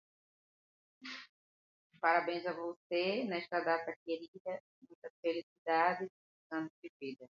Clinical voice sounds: short text; Brazilian Portuguese; female; 40 to 49 years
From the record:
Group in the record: control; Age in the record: 48 years

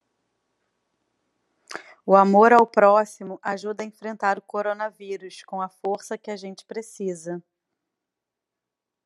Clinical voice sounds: spoken sentence; Brazilian Portuguese; female; 30 to 39 years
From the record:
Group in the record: control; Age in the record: 39 years

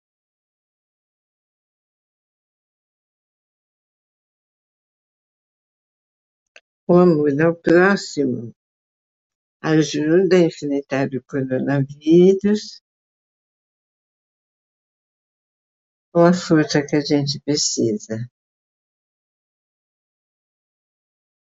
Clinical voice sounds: spoken sentence; Brazilian Portuguese; female; 80 to 89 years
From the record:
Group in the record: control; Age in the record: 86 years

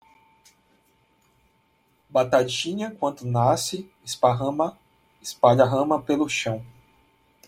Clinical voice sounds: short text; Brazilian Portuguese; male; 30 to 39 years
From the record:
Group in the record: control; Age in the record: 35 years

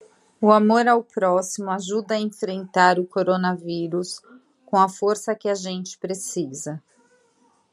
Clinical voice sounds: spoken sentence; Brazilian Portuguese; female; 40 to 49 years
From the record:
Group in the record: control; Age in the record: 44 years

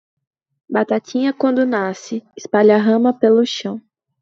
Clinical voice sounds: short text; Brazilian Portuguese; female; 18 to 19 years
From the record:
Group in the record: control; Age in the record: 19 years

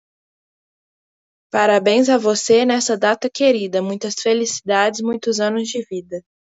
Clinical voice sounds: short text; Brazilian Portuguese; female; 20 to 29 years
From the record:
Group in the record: control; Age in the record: 22 years

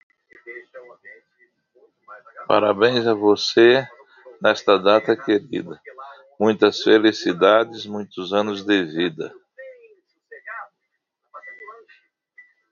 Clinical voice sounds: short text; Brazilian Portuguese; male; 50 to 59 years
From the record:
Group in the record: control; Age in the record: 58 years

